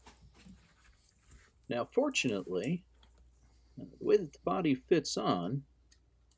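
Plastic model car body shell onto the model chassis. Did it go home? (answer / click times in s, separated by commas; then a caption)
no / none. A plastic funny-car body shell from a 1/25 scale model kit is being handled over the model chassis while someone talks. Only a few faint, small ticks are heard under the speech. Nothing has seated or clicked yet.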